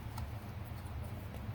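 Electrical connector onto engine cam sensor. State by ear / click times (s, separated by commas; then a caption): not seated / none. An electrical connector is handled near the cam sensor of a 2013 Chevrolet Impala engine, with a steady low hum and a brief faint tick at about 0.2 s. Nothing has seated or clicked yet; the connector is not yet home on the sensor.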